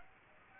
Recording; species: mosquito wingbeat signal from an infrared sensor; Aedes aegypti